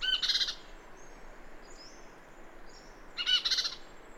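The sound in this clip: Bird calls: two brief, rasping, buzzy bursts about three seconds apart over a soft background hiss.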